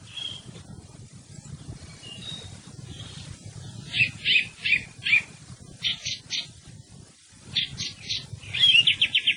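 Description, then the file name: Thrush delivering repeated notes in short bursts, then rapid trilled phrases toward the end, against low background noise. "TORDO"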